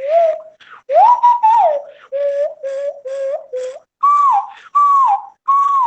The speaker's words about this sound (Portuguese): Eu, por exemplo, montei um espetáculo chamado Autômato, e eu utilizo esse apito, um apito indígena da Amazônia, que serve para se comunicar com os pássaros, com as aves, com pequenas caças, né?